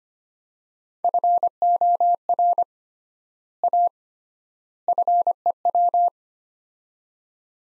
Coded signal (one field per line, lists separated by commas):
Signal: Morse code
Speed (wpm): 25 wpm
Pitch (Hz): 700 Hz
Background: none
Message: FOR A FEW